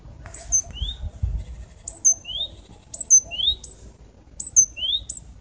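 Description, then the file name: Great tit calls: four two-part notes, each a high thin tick followed by a short upward-sweeping whistle, over a low rumbling background. "Parus major"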